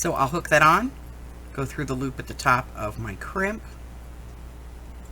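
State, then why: Not seated. A small metal clasp is hooked on and passed through the loop at the top of a crimp end on a lace dangle while someone talks. Only speech is heard over a quiet background, and the clip ends before the clasp snaps shut, so nothing has seated or clicked yet.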